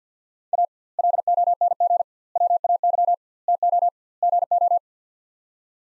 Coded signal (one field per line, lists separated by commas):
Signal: Morse code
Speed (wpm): 50 wpm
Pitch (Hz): 700 Hz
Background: none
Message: A LONG WAY TO GO